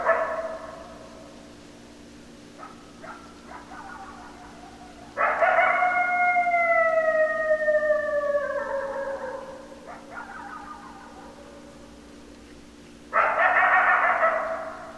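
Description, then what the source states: Coyote howls: a long tonal howl sliding slowly downward over about four seconds, a few short yelps before it, and another howl starting near the end over steady hum. Several coyotes, 10 December 2012.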